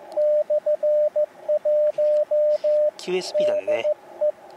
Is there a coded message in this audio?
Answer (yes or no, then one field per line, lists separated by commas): yes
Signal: Morse code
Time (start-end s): 0.2-4.3 s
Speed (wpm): 15 wpm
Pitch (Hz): 600 Hz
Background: speech, radio noise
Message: /1 DE